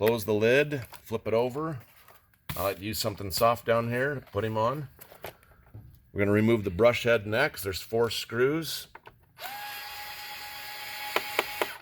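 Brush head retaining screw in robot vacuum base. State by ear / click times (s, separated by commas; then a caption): released / 11.2 s, 11.4 s, 11.6 s. Someone talks while an iRobot S9 robot vacuum is flipped over onto something soft so the four screws holding the brush head on its underside can be removed. A steady whir starts near 9.4 s, and sharp clicks come at 11.2, 11.4 and 11.6 s, showing each brush head retaining screw is backed out all the way and released.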